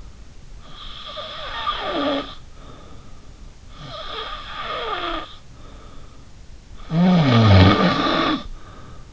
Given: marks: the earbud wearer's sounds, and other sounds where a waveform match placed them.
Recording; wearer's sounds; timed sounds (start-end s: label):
sounds in sleep by an in-ear microphone; snoring breath
0.67-3.04 s: snoring breath
3.69-6.17 s: snoring breath
6.87-9.13 s: snoring breath